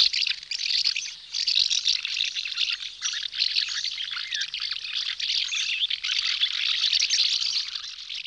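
House martins twittering: dense, nearly continuous chirps and rattling trills.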